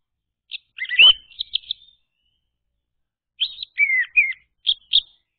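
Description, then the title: Orange-headed thrush singing two short phrases of high whistles, slurred notes and chirps, separated by about a second and a half of quiet. Recording used to lure a reluctant orange-headed thrush into singing. "Anis Merah Macet.. Pancing Dengan Suara Ini.."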